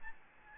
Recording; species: mosquito wingbeat signal from an infrared sensor; Aedes albopictus